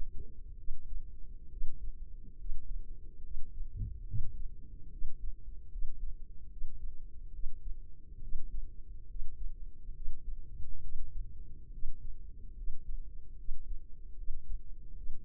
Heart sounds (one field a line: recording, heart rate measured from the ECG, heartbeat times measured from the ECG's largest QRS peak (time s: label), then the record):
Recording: heart sounds by microphone in the left ear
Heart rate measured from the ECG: 71 bpm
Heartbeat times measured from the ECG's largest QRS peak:
0.53 s: heartbeat
1.46 s: heartbeat
2.34 s: heartbeat
3.19 s: heartbeat
4.03 s: heartbeat
4.87 s: heartbeat
5.66 s: heartbeat
6.46 s: heartbeat
7.29 s: heartbeat
8.17 s: heartbeat
9.04 s: heartbeat
9.90 s: heartbeat
10.78 s: heartbeat
11.68 s: heartbeat
12.52 s: heartbeat
13.34 s: heartbeat
14.13 s: heartbeat
14.91 s: heartbeat
From the record:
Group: healthy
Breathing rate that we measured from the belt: 18 breaths a minute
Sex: female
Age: 23 years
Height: 160 cm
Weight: 50.4 kg